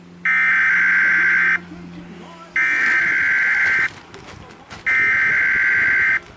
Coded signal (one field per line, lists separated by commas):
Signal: Emergency Alert System (SAME) tones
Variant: header bursts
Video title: 2 Minutes Of EAS Alarm